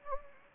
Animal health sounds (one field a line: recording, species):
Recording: mosquito wingbeat signal from an infrared sensor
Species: Anopheles gambiae